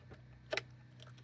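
A connecting terminal pin is slid into the plastic housing of a wiring harness connector while a CHSTEK 7862A Android Auto head unit is fitted in a Volvo V70R. A quiet background is broken by a pair of sharp, bright ticks, with the louder one at about 0.6 s, followed by fainter small ticks near 1.0 and 1.2 s. The pin is seated in place.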